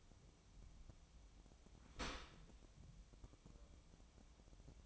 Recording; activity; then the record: daily activity, microphone in the room; open dishwasher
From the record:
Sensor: 1